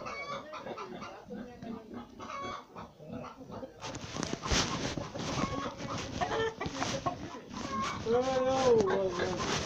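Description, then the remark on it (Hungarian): A busy barnyard of chickens clucking and squawking over one another, with a rooster's rising, drawn-out call near the end. The noise grows louder and denser partway through. “De mit szólsz, milyen szín vagy ez a kakas?”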